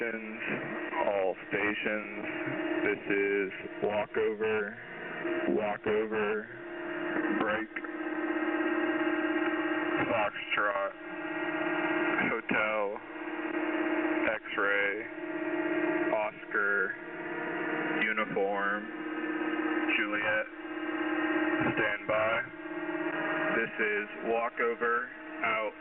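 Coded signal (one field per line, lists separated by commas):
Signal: coded military voice message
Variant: HF-GCS, call sign Walkover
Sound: radio voice reads callsign then six phonetic-alphabet letters, ends with standby and out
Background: radio static, low hum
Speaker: So that's an overview of emergency action messages on the US HFGCS. Next time you're out monitoring the shortwave bands, be sure to listen out for them.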